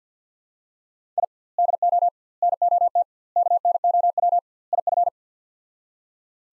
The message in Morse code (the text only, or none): I DO NOT KNOW IF